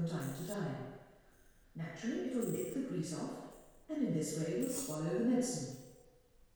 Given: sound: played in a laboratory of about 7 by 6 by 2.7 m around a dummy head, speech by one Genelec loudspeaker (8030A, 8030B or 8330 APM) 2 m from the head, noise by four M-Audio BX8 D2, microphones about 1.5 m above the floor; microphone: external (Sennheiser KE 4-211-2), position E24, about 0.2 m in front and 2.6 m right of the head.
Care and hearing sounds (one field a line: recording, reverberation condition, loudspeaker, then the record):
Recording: female speech in English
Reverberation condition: high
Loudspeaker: 30 degrees to the right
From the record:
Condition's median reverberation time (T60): about 1300 ms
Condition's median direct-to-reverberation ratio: about -4.0 dB